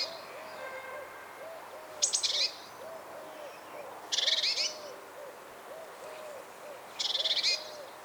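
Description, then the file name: Great tit calls: three short buzzy, rattling bursts a few seconds apart, each opening with sharp ticks, over a steady series of soft, low arched notes. "Parus major"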